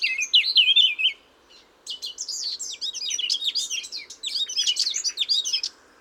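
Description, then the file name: Eurasian blackcap song: a short loud whistled phrase, a pause, then a long stream of rapid, scratchy warbling notes. "Sylvia atricapilla"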